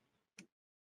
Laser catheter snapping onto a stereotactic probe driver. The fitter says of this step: I don't know if you could hear that audibly over the over the computer, but I could. So, I know that that's in place now,